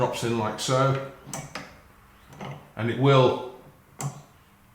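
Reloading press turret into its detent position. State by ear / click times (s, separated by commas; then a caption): seated / 4.0 s. The turret of a Lee Precision Value 4-Hole Turret Press is turned by hand until its sprung detent plunger drops into the next position. Someone talks, and a sharp clunk is heard at 4.0 s as the turret indexes and seats into the detent.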